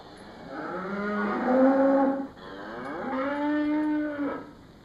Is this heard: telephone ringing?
no